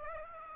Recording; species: mosquito wingbeat signal from an infrared sensor; Aedes aegypti